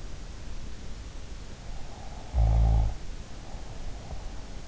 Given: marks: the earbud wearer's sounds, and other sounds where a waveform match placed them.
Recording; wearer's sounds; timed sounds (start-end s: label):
sounds in sleep by an in-ear microphone; snoring breath
1.96-4.32 s: snoring breath